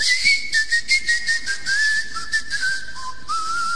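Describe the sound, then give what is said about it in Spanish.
Inhabitants of the island of Tracoda whistling in a wavering, melodic line of short gliding notes, mid-to-high pitched and fairly steady in loudness, with no talking. “Usted llega a la isla de Tracoda y oye los silbidos.”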